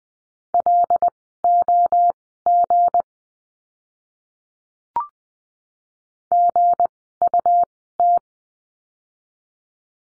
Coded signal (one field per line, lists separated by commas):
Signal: Morse code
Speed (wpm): 20 wpm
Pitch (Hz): 700 Hz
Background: none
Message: LOG GUT